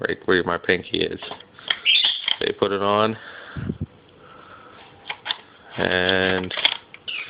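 Someone talks while handling a bayonet, fitting the back of it onto the rifle's muzzle area near the flash hider and pushing it on, with a few short handling knocks around 5.1 and 5.3 seconds. The clip ends before the bayonet snaps in; nothing has seated or clicked yet.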